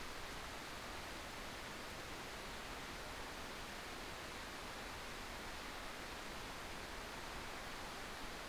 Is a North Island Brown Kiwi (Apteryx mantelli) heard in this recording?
no